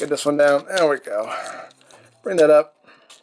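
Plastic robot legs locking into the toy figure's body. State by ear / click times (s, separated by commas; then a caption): not seated / none. Someone talks while handling a vintage plastic G1 Transformer figure, moving its plastic robot legs toward robot-mode position against the figure's body during transformation. Speech fills most of the clip, with brief quiet gaps between phrases. The legs have not seated or clicked into place yet.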